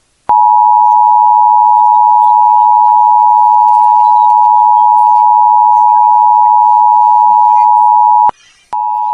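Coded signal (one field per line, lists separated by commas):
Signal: Emergency Alert System (SAME) tones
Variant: 853 and 960 Hz attention tone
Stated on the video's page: Civil Danger Warning aired during a cartoon broadcast on a Hawaii TV feed.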